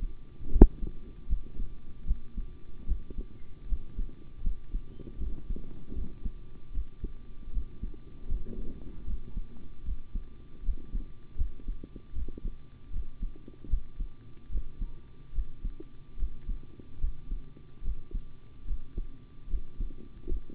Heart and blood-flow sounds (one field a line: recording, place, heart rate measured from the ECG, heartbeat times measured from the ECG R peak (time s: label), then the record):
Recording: heart sounds by stethoscope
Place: between the tricuspid and mitral areas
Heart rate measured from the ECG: 76 bpm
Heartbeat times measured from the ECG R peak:
0.50 s: heartbeat
1.27 s: heartbeat
2.05 s: heartbeat
2.86 s: heartbeat
3.67 s: heartbeat
4.42 s: heartbeat
5.18 s: heartbeat
5.93 s: heartbeat
6.72 s: heartbeat
7.51 s: heartbeat
8.27 s: heartbeat
9.05 s: heartbeat
9.83 s: heartbeat
10.63 s: heartbeat
11.36 s: heartbeat
12.13 s: heartbeat
12.91 s: heartbeat
13.68 s: heartbeat
14.50 s: heartbeat
15.33 s: heartbeat
16.17 s: heartbeat
16.99 s: heartbeat
17.82 s: heartbeat
18.65 s: heartbeat
19.48 s: heartbeat
20.27 s: heartbeat
From the record:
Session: rest, sitting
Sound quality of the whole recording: good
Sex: male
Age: 25 years